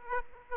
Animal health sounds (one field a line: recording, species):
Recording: mosquito wingbeat signal from an infrared sensor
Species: Aedes aegypti